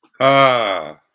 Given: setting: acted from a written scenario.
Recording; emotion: vocal sound without words; ecstasy